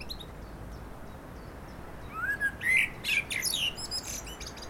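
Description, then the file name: Common blackbird song phrase: a rising mellow whistle, a few warbled fluted notes, then a scratchy high-pitched twitter to close. "Turdus merula"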